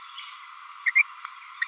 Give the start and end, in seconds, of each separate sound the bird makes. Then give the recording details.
0.86-0.90, 0.95-1.02, 1.61-1.64. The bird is a female. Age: 29 days. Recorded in a nest box in Venezuela. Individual 17B42A4